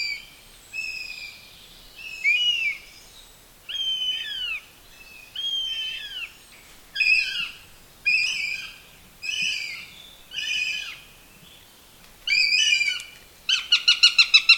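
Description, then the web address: Bird song with varied whistled phrases, many sharply down-slurred, given every second or so, ending in a fast burst of repeated ringing notes. "madarak enek"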